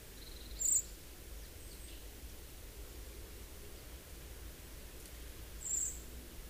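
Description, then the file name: Common blackbird calls: a brief high, thin seep, then a softer second one about five seconds later, with low rumbling background noise throughout. "Turdus merula"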